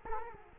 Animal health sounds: mosquito wingbeat signal from an infrared sensor; Culex quinquefasciatus

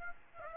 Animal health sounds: mosquito wingbeat signal from an infrared sensor; Aedes aegypti

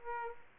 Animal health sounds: mosquito wingbeat signal from an infrared sensor; Aedes aegypti

